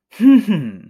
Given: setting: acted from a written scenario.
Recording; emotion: vocal sound without words; triumph